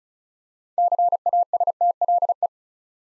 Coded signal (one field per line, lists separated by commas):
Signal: Morse code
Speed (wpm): 36 wpm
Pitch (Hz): 700 Hz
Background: none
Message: CASTLE